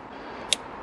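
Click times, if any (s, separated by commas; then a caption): 0.5 s. On a Mini One or Cooper (R50/R52, 1.4 or 1.6 litre), a fuel hose quick-release connector is pushed onto its plastic fuel line pipe fitting over a low background hum. A single sharp click at 0.5 s marks the connector seating, and another brief sharp sound follows at the very end of the clip. The connector is fully seated.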